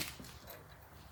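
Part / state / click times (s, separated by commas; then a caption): impeller onto pump shaft / not seated / none. A pump impeller for an MCM 250 fluid end is picked up and fitted onto the pump shaft, which is held locked with an impeller wrench. A short burst of broadband handling noise at the start gives way to quiet, low rustling. Nothing has seated or clicked yet.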